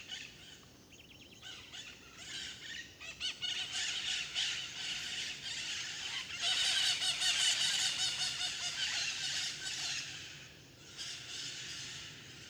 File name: Varios periquitos perto depois longe com aviao no parque terra ronca ao amanhecer, grilo, passaros